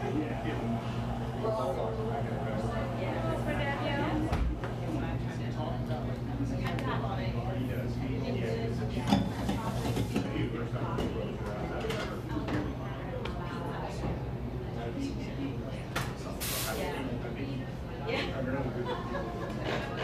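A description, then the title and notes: A buzzing coffee shop: overlapping voices chatter steadily throughout, with a constant low hum underneath. Short clatters and clinks break through now and then, sharpest around nine and sixteen seconds, while the overall level stays even. A buzzing coffee shop.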